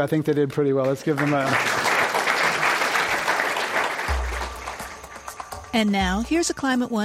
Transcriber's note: applause